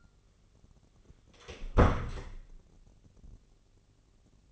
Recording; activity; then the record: daily activity, microphone in the room; close door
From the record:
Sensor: 4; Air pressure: 1010.3 hPa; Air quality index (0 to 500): 190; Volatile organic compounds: 3 ppm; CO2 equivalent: 1362 ppm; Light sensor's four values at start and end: 31/74/31/32 and 33/80/33/34